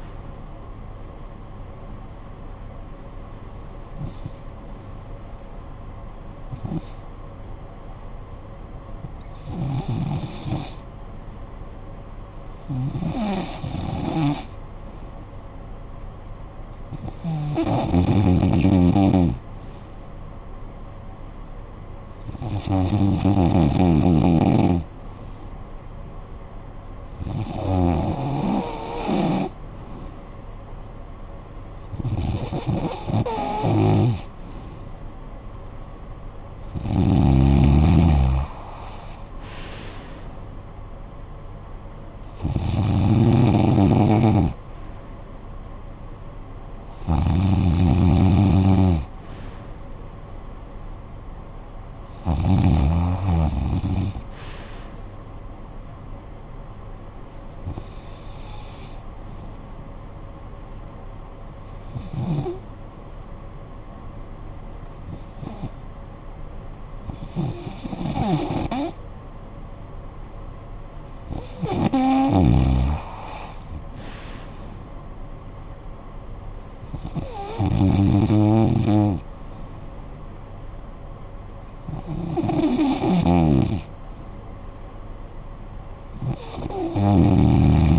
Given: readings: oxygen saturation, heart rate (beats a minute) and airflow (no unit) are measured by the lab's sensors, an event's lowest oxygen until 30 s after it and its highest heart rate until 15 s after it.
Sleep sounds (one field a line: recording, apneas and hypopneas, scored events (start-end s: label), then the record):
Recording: breathing in sleep by a smartphone at the bedside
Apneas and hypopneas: 2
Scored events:
6.00-28.10 s: hypopnea (REM, oxygen 95% highest, then 91% lowest, heart rate 54 at the start, 76 highest)
62.00-77.50 s: hypopnea (REM, oxygen 96% highest, then 92% lowest, heart rate 58 at the start, 70 highest)
From the record:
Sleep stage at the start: REM sleep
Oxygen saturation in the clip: 91 to 96%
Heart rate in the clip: 52 to 76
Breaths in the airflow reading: 19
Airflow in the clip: -16.1 to 9.8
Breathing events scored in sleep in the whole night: 445 in 7.6 hours asleep